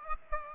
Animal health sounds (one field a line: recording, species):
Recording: mosquito wingbeat signal from an infrared sensor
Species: Aedes aegypti